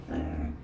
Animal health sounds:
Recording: pig call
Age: growing-finishing pig (85 days or more)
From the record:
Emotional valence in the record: negative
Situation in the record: barren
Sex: female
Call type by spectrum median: low-frequency call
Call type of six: low-frequency stable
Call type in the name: low-frequency stable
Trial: 1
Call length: 0.64 s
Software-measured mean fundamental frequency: 63 Hz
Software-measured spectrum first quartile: 87 Hz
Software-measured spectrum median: 217 Hz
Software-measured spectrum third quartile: 391 Hz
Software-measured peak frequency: 265 Hz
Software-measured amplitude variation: 152 dB a second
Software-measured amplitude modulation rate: 26.7 a second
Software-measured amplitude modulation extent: 5.7 dB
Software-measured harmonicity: -2.9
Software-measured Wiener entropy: -0.09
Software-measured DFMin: 852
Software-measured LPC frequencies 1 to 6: 1678, 2339, 2915, 3764, 4680, 5294 Hz

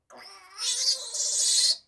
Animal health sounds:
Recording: pig call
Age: piglet (1 to 25 days)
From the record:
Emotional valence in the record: negative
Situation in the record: restrain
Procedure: back test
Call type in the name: high-frequency call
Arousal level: maximum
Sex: male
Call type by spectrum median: high-frequency call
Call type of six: mixed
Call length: 1.87 s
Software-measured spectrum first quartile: 4587 Hz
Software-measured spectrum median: 5939 Hz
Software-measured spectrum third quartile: 7843 Hz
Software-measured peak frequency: 4259 Hz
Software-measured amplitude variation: 135 dB a second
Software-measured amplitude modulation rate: 18.2 a second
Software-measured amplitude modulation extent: 7.4 dB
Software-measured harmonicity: 2.4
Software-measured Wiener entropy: -2.57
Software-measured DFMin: 655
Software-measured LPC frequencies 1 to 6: 894, 1956, 4267, 4815, 6826, 8186 Hz

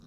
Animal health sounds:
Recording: pig call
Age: piglet (1 to 25 days)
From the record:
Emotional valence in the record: positive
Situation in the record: short reunion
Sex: female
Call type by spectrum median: low-frequency call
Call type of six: low-frequency tonal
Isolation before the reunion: 3 minutes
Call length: 0.07 s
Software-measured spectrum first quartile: 177 Hz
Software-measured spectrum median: 356 Hz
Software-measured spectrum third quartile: 2445 Hz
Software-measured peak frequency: 232 Hz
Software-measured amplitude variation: 55 dB a second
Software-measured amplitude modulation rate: 13.4 a second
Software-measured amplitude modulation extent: 4.1 dB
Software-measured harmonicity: 4.5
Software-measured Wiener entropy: -3.39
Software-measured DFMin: 1255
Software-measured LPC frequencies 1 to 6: 1301, 3901, 5274, 5665, 6411, 7793 Hz

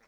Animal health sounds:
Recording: pig call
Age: piglet (1 to 25 days)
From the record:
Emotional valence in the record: positive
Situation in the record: short reunion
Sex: male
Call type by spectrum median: low-frequency call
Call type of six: low-frequency tonal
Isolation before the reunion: 3 minutes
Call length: 0.07 s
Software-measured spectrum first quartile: 745 Hz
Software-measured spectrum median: 1569 Hz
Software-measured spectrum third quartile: 2769 Hz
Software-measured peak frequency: 458 Hz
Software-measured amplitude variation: 19 dB a second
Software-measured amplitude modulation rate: 6.9 a second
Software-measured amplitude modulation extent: 2.8 dB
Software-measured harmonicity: -3.0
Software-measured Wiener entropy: -0.47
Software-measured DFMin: 510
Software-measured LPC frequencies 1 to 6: 736, 1447, 2005, 3796, 4562, 5519 Hz

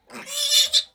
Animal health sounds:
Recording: pig call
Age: piglet (1 to 25 days)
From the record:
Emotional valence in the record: negative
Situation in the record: restrain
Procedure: back test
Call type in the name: high-frequency call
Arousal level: maximum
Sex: female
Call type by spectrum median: high-frequency call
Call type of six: high-frequency stable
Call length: 0.95 s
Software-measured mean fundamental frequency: 209 Hz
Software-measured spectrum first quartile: 3631 Hz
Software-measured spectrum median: 4401 Hz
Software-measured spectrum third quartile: 6632 Hz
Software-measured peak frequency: 3512 Hz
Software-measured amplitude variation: 198 dB a second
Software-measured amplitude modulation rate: 11.1 a second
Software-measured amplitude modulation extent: 17.9 dB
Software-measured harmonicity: 6.0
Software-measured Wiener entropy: -2.22

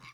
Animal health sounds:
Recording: pig call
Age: piglet (1 to 25 days)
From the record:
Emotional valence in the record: positive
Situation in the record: short reunion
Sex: male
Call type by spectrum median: low-frequency call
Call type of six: low-frequency tonal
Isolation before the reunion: 3 minutes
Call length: 0.13 s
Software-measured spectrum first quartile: 779 Hz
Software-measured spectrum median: 1903 Hz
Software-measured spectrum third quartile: 2801 Hz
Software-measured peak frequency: 2162 Hz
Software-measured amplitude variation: 76 dB a second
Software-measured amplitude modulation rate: 11.5 a second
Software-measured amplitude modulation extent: 6.7 dB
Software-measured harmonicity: 2.3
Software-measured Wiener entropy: -1.36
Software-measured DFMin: 828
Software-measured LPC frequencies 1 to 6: 1129, 2209, 3876, 4785, 5733, 6938 Hz

